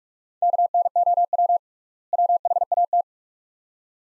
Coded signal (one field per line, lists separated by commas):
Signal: Morse code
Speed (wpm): 46 wpm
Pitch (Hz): 700 Hz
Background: none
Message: KNOW WHAT